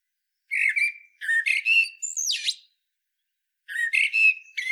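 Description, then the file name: Common blackbird, scratchy chattering phrases with one drawn-out high squealing note, then a renewed burst of chatter after a short gap. "Turdus merula"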